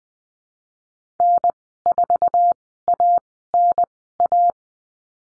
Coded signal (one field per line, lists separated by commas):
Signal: Morse code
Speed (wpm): 20 wpm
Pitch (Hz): 700 Hz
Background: none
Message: N4ANA